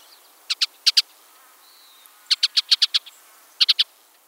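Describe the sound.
Bluebird calls: short, high chattering notes in several bursts separated by brief pauses.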